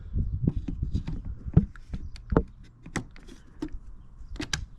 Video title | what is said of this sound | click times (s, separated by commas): Carpuride W702BS review - Is this what you've been looking for? - Seamless BMW integration! | and you get a little click and it's in place. | 4.5 s